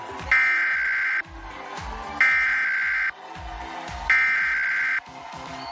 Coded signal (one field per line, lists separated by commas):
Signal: Emergency Alert System (SAME) tones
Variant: header bursts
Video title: PA Required Monthly Test (EAS #1292-1299) 9/21/23